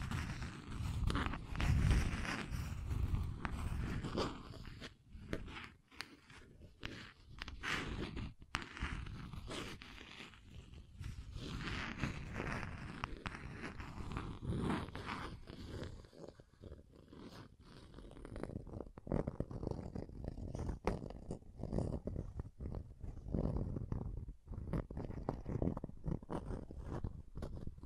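Rough scratching and tracing strokes run the whole time, dense and irregular with a heavy low rumble under a gritty upper hiss. Brief pauses break the texture near 5, 8 and 17 seconds, and the later strokes sound slightly lighter and more clipped.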